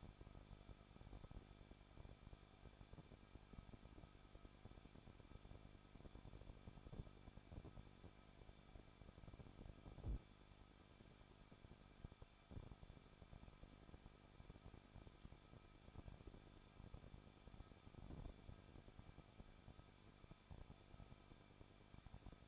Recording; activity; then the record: daily activity, microphone in the room; no activity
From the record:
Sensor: 5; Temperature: 20.9 degrees Celsius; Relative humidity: 38.1%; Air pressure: 1006.5 hPa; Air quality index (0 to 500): 187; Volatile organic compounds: 18 ppm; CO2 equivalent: 2620 ppm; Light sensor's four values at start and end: 2/3/1/1 and 2/3/1/1